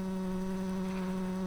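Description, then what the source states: Tree bumblebee buzz, a steady unbroken drone with a low, even hum and clear overtones that holds without change throughout; no other sounds. Workers.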